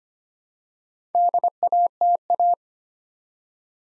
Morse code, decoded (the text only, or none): DATA